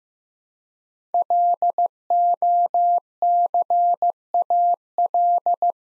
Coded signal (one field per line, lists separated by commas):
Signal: Morse code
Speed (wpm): 15 wpm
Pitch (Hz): 700 Hz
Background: none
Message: LOCAL